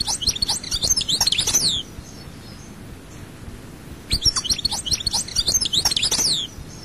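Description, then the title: European goldfinch giving two bursts of bright twittering song with a quiet gap between them. "Chant Chardonneret"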